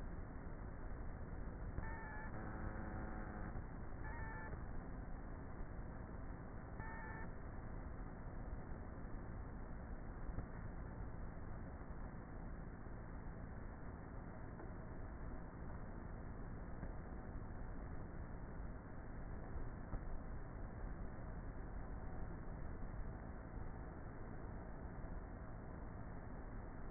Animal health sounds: honeybee colony, microphone inside the hive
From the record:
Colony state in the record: queenless with a low population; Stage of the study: before two queens were removed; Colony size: about 30,000 bees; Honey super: no

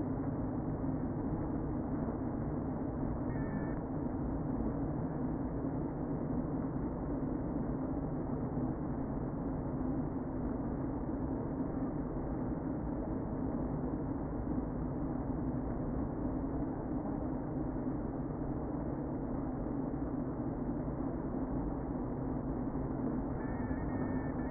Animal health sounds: honeybee colony, microphone inside the hive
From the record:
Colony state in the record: queen present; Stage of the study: before two queens were removed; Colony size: about 60,000 bees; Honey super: yes

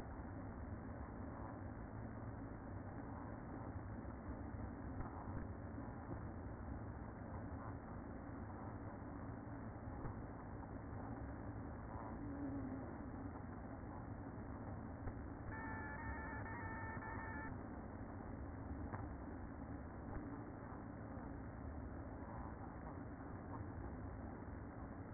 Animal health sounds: honeybee colony, microphone inside the hive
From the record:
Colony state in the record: queen present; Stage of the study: after two queens were removed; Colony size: about 60,000 bees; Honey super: yes

